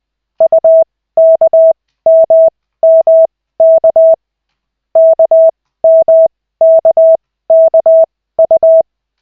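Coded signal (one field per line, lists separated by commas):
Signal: Morse code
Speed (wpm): 20 wpm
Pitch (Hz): 650 Hz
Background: none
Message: UKMMK KMKKU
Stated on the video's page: Koch method Morse practice session from the LCWO.net website, two characters at the start.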